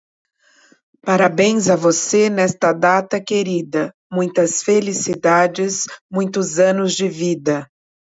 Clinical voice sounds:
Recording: short text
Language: Brazilian Portuguese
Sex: female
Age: 50 to 59 years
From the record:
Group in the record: control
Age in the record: 53 years

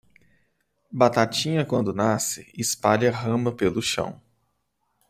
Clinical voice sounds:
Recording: short text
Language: Brazilian Portuguese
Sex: male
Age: 30 to 39 years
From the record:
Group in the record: control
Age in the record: 32 years

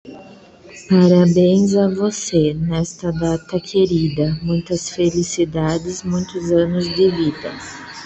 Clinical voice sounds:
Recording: short text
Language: Brazilian Portuguese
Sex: female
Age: 30 to 39 years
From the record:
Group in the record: control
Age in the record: 36 years

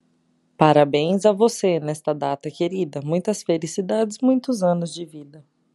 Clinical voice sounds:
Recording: short text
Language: Brazilian Portuguese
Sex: female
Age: 30 to 39 years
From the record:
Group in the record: control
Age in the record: 31 years

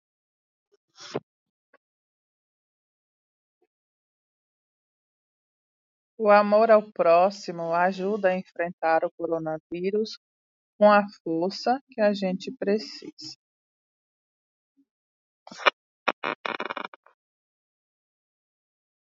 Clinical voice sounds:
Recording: spoken sentence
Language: Brazilian Portuguese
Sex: female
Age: 40 to 49 years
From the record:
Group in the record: control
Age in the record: 46 years

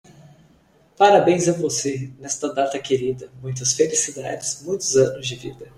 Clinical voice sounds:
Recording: short text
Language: Brazilian Portuguese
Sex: male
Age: 30 to 39 years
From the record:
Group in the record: control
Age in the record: 32 years

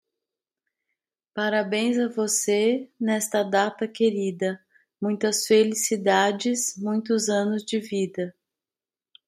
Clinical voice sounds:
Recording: short text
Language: Brazilian Portuguese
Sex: female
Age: 40 to 49 years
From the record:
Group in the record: control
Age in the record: 49 years

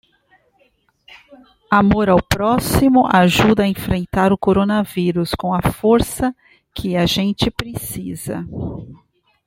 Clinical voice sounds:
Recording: spoken sentence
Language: Brazilian Portuguese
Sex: female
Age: 40 to 49 years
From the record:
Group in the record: control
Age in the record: 41 years

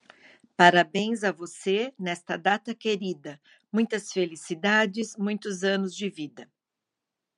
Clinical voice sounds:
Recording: short text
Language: Brazilian Portuguese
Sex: female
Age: 60 to 69 years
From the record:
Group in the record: control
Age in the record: 61 years

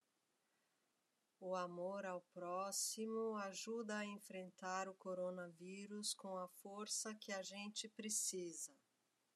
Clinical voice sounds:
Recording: spoken sentence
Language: Brazilian Portuguese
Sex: female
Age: 50 to 59 years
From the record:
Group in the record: control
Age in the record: 56 years

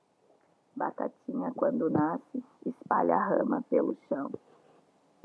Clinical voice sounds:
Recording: short text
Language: Brazilian Portuguese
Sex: female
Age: 40 to 49 years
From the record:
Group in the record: control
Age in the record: 44 years

